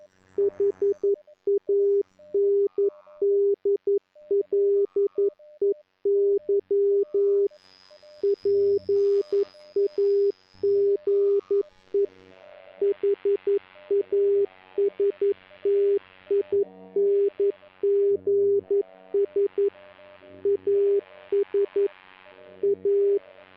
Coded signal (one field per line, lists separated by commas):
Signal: Morse code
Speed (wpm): 11 wpm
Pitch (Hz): 400 Hz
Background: none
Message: HANDLEY PAGE HASTINGS AS A